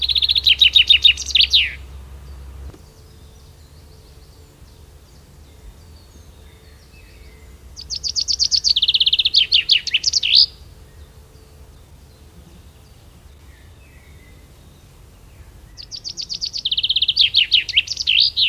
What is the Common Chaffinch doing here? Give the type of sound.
song